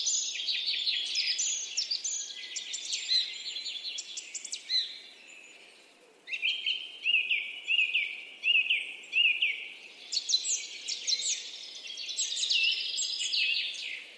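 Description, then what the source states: Songbirds chirping in a dense chorus, with a brief lull after which one bird gives four short upslurred notes in a row before the twittering swells again. Birds singing and chirping.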